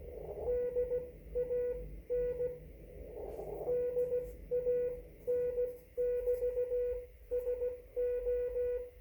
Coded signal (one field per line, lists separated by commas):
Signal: Morse code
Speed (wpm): 15 wpm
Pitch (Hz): 490 Hz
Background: radio noise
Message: DAN DAN<BT>SO